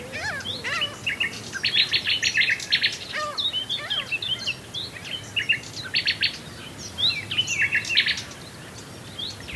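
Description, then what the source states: Common nightingale song with rapid chattering runs and repeated note clusters, varied phrases delivered in quick succession. Swale.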